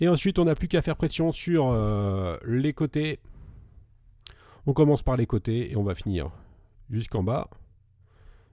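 After replacing the charging connector on an iPhone SE, the screen assembly is pressed along its sides, starting at the sides and working down to the bottom, so its plastic clips snap into the metal phone frame while someone talks. Two sharp clicks are heard at 4.2 s and 4.3 s, and the screen is properly clipped in.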